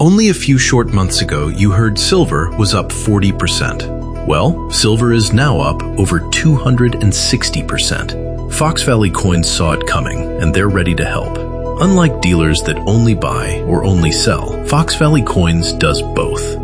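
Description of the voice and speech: An adult man reads a radio-style advertisement in a low, steady voice with fluent, evenly paced phrasing and clear articulation. A faint music bed runs underneath. This is typical speech with no sign of a voice or speech disorder.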